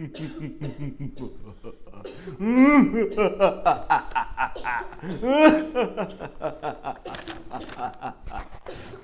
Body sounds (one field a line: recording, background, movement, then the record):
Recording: laughter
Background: a bystander coughing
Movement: sitting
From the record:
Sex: male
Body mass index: 21.0 kg/m2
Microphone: on the chest, facing outward